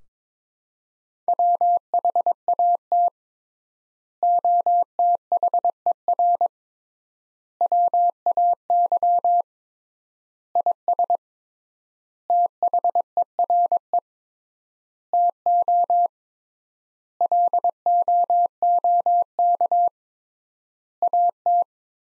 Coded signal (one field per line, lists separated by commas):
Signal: Morse code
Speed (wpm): 22 wpm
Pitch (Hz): 700 Hz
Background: none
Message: WHAT OTHER WAY IS THERE TO LOOK AT